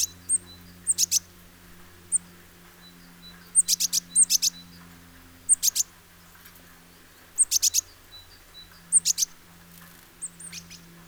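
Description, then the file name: Great tit calls: short, very high chirps in quick clusters of three or four, each often led by a thin note, repeated several times over a faint low hum. "Parus major"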